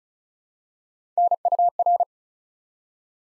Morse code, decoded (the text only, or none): NUR